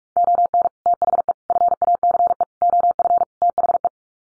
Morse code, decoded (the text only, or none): ON THE FACE OF THE